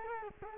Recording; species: mosquito wingbeat signal from an infrared sensor; Culex quinquefasciatus